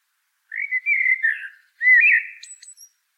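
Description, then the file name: Common blackbird song: two rich fluted warbled phrases separated by a short pause, the second ending in faint high squeaks. "Turdus merula"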